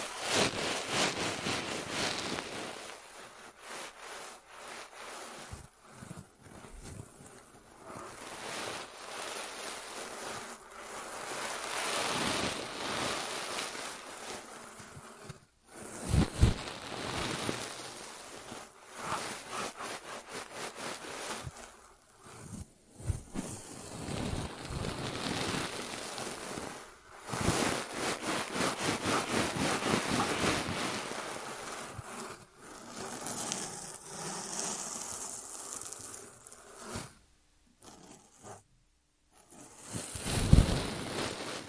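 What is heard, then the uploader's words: An ASMR ear treatment: dense, hissing rustles and scratchy brushing sweep back and forth, rising and falling in waves like wind or surf. Brief silent gaps break the texture around 15, 22 and 37–39 seconds, followed by sharper, brighter bursts. ASMR 3D Brain Penetrating Ear Treatment.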